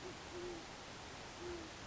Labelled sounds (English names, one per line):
Band-tailed Pigeon